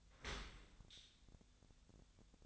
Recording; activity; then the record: daily activity, microphone in the room; open dishwasher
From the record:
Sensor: 3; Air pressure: 1006.7 hPa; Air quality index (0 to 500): 208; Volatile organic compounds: 19 ppm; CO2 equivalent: 2658 ppm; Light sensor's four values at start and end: 10/24/10/10 and 10/24/10/10